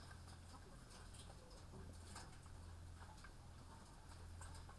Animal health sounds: poultry house recording; sick chickens (respiratory disease)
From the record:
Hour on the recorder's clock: 16

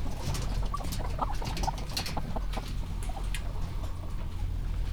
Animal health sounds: poultry house recording; healthy chickens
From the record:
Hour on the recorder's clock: 15

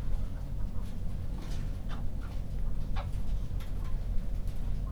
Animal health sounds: poultry house recording; sick chickens (respiratory disease)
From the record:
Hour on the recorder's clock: 21

